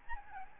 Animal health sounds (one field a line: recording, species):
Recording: mosquito wingbeat signal from an infrared sensor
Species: Aedes albopictus